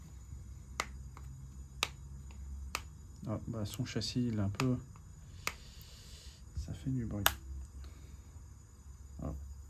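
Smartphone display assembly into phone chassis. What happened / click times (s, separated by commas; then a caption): The screen is being pressed into the frame but has not yet clearly seated / none. A replacement display is pressed into the slightly bent, noisy metal frame of an iPhone 11 as someone talks, with sharp ticks and creaks from the frame at about 0.8, 1.8, 2.8 and 5.5 seconds. The clip ends before the screen goes home: nothing has seated or clicked yet.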